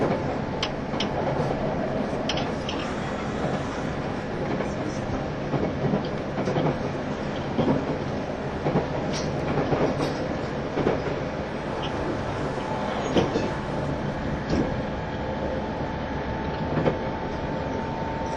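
Running sound from inside an E351 series tilting train on a Super Azusa express service. A dense, steady rumble of the moving car fills the whole stretch, with frequent rail clacks and knocks scattered throughout. A faint steady tone rises near the end.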